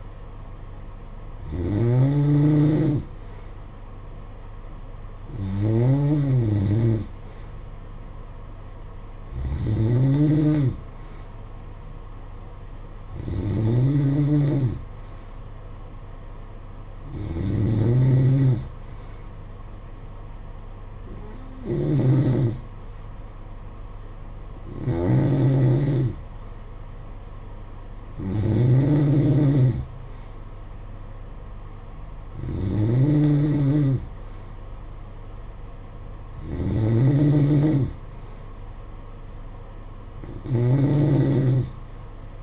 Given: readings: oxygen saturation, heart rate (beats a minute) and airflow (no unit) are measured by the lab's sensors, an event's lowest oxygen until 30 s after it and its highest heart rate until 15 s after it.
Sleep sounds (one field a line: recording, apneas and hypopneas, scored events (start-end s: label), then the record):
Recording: breathing in sleep by a smartphone at the bedside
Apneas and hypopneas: none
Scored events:
none scored
From the record:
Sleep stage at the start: N3 (deep sleep)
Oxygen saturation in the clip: 91 to 92%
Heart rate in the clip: 56 to 61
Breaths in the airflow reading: 11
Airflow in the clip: -8.4 to 5.7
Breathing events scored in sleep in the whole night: 476 in 9.7 hours asleep